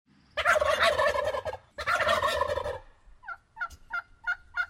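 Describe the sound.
Turkey gobbling twice in quick rattling bursts, followed by a run of five short yelp-like notes.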